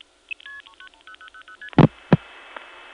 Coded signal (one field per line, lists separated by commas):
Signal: multi-frequency trunk signalling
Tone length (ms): 80 ms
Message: 390000ST